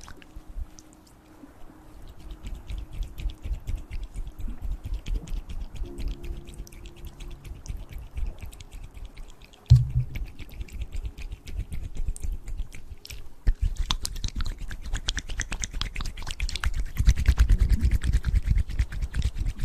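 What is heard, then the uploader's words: Wet mouth sounds of dense clicks, smacks and chewing noises that grow busier and louder after ten seconds, with a sharp pop there. Mouth Sounds.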